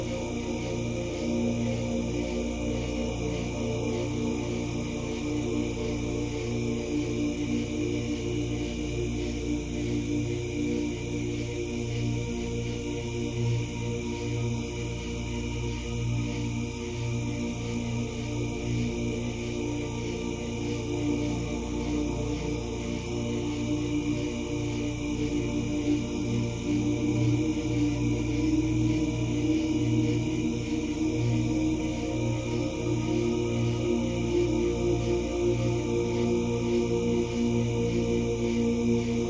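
A soft ambient loop of sustained, layered tones sits mostly in the low and middle range, with slow shifting chords that change gradually over the minute. The level stays even throughout, with a faint airy hiss in the upper register.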